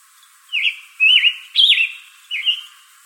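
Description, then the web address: Scarlet tanager song of four coarse, buzzy whistled phrases, each with a dip and rise, the first and last ones quieter. Recorded in Arizona on 22 June 2012. "Tanagers. SCTA stejskal 062212"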